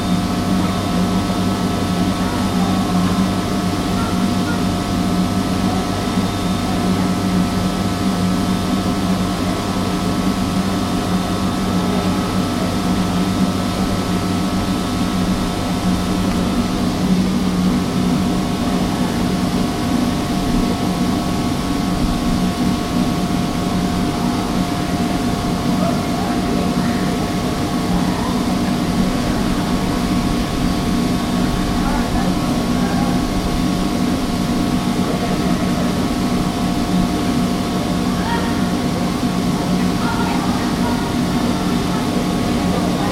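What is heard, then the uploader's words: An air conditioning unit drones steadily outdoors, a dense low hum with several fixed tones layered above it and a faint thin whine higher up. The level barely changes across the whole stretch, with only slight shifts in the low rumble after about fifteen seconds. An air conditioning drone outside the ancient Roman Baths in Bath, England - the confluence of ancient history and the more industrial sounds of a modern city. Recorded by Lee Riley. Air conditioning behind the Roman Baths.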